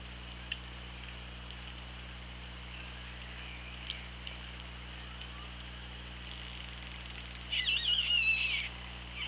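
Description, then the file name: Orca call: one loud, brief, warbling harmonic call near the end after mostly quiet hiss, with a few faint clicks earlier and a constant low hum. Recorded on an OrcaLab hydrophone, 24 August 2017, 17:33. "Orca Lab UTLN JASON 20170824 173311"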